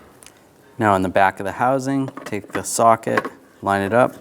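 A 1156-style glass tail light bulb from a 1998-2010 Volkswagen Beetle is lined up with its plastic bayonet socket and twisted to the right until it locks in place, with a single short click at 0.3 s. After a pause, someone talks.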